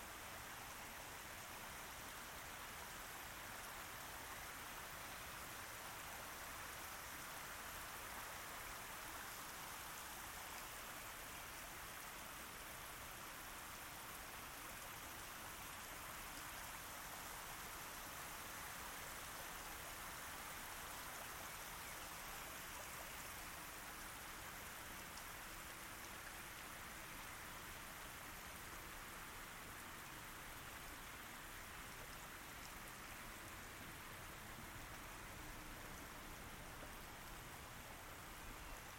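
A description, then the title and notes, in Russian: A night downpour pours steadily with dense, hissing rain that holds the same level for the whole stretch. The sound is bright and even, with a soft rushing of flowing water underneath and no clear thunder claps. Капли субтропического дождя.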